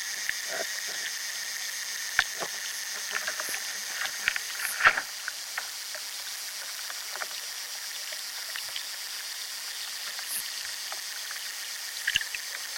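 Underwater life in a chalk river: a steady bed of fine hiss and whining tones runs throughout, scattered with sharp clicks and ticks. Louder snaps stand out near two, five and twelve seconds, with soft low bubbling and knocks in between.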